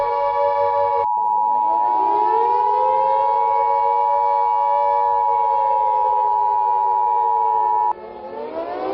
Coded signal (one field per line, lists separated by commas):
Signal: Emergency Alert System (SAME) tones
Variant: 853 and 960 Hz attention tone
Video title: Eas alert system Kill screen